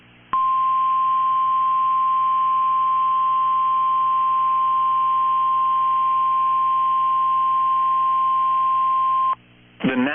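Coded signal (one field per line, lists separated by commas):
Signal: Emergency Alert System (SAME) tones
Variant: 1050 Hz attention tone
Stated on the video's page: Valid EAS tones of a Severe Thunderstorm Watch.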